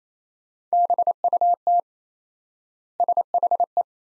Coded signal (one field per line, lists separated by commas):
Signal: Morse code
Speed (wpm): 28 wpm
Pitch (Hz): 700 Hz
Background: none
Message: BUT SHE